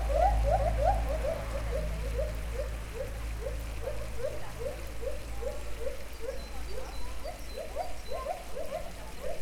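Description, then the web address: White-handed gibbon short hoots: a fast, steady run of brief rising notes, two to three per second, over a low rumbling, water-like background noise. Captive gibbons in a zoo, recorded in 2012; they tune up, then move off, with babbling water audible. "debrecenizoo 2012 premium feherkezugibbon"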